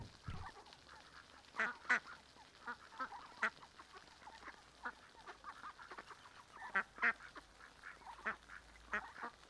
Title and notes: Paseo de la Senda, 34, Griñón, Madrid, España - Tarde en el parque del río con patos. patos griñon. Domingo tarde. Los sonidos de aves que se escuchan son Ánade Real (Anas platyrhynchos)